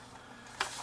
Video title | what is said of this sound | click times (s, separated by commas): Sony BE V8 The Most Expensive Tape Winder for 8mm videotapes | Like that, and the front snaps on. | 0.6 s